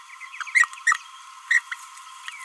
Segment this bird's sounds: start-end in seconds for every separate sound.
0.40-0.43, 0.55-0.65, 0.87-0.97, 1.51-1.60, 1.72-1.74